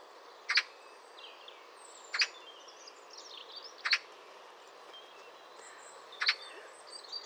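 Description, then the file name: Eurasian magpie giving short harsh chak notes, four spaced calls about every one and a half to two and a half seconds, with faint high chirps of other birds between them. "Pica pica"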